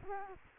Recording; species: mosquito wingbeat signal from an infrared sensor; Culex quinquefasciatus